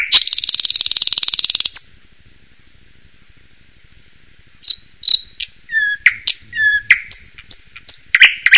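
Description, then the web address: Nightingale song opening with a loud, rapid buzzing trill, then a pause and a series of varied, clear whistled notes and sharp chirps. "Dzwieki Slowik"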